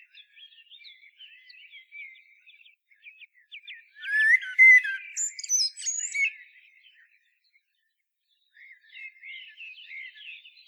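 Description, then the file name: Common blackbird song: faint twittering at first, then a loud fluted warble with high squeaky ending notes, a pause, and soft twittering again. "Turdus merula"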